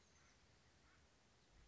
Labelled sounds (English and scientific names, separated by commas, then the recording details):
Oak Titmouse (Baeolophus inornatus)
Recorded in Sonoma County, California